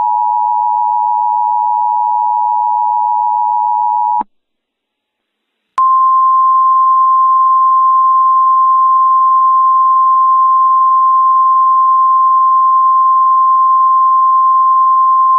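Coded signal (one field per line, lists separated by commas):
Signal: Emergency Alert System (SAME) tones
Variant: 853 and 960 Hz attention tone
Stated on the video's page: Mock EAS scenario using valid EAS tones, a Halloween fictional scenario with music.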